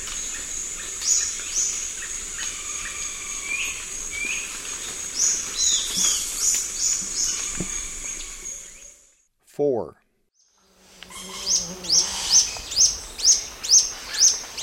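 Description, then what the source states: Rufous-tailed antwren singing thin, high notes against a steady insect hum, then a run of sharp high notes, about two a second. Eastern lowlands of South America.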